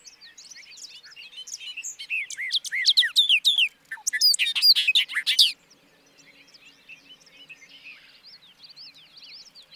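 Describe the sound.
Bobolink delivering a bubbling cascade of twangy notes lasting several seconds, followed by quieter twittering in the background.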